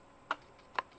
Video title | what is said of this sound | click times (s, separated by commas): Exmark camercal 30 review and 2020 setup | makes like a little clicking noise that turns the choke off | 0.3 s, 0.8 s